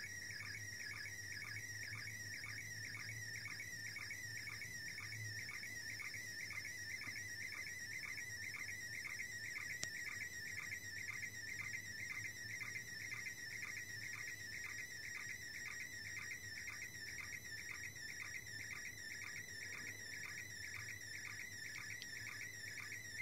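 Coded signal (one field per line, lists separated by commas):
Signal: SSTV (slow-scan television)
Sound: steady warbling, chirping tone with a rhythmic tick about twice a second, behind radio hiss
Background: radio static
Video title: SSTV from ISS - International Space Station - 8th Dec 2017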